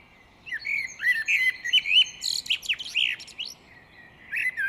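Great tit calls: a run of short, bright chirps and slurred notes, some overlapping, with a brief pause before a final burst near the end.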